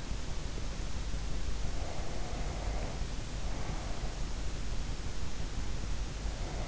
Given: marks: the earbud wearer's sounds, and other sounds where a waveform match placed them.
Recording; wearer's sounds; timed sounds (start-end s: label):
sounds in sleep by an in-ear microphone; breath
1.46-4.43 s: breath
6.13-6.68 s: breath